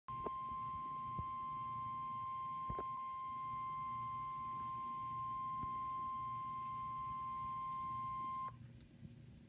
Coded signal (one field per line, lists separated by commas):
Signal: Emergency Alert System (SAME) tones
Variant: 1050 Hz attention tone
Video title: Special Marine Warning (EAS #29) 4/25/16